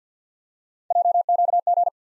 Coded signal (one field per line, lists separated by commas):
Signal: Morse code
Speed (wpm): 50 wpm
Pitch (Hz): 700 Hz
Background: none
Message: JQG